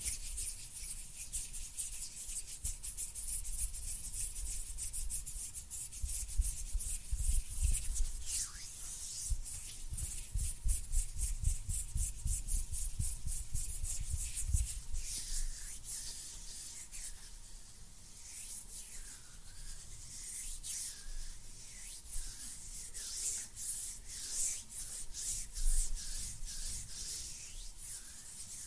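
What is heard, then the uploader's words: Hands rub and fingers flutter up close in a dense, rapid run of dry brushing strokes, bright and hissy with soft low thumps underneath. The scratchy motion carries on for the whole stretch, easing briefly near the middle before picking up again. A faint steady tone hums beneath. ASMR JUST HAND SOUNDS AND FINGER FLUTTERING UP CLOSE AND NO TALKING.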